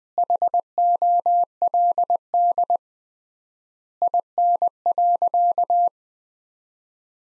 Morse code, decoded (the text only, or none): HOLD IN.